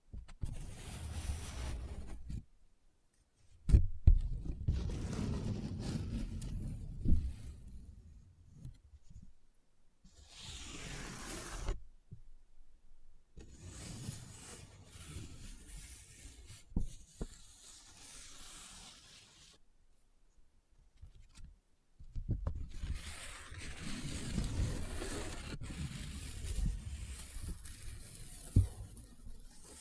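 Paper is handled in bursts of rubbing, scratching and crinkling, each lasting a few seconds, separated by brief silences near 3, 10, 20 and 22 seconds. The sound is dense and rough with a low rumble, and sharp clicks punctuate it, notably around 4 seconds.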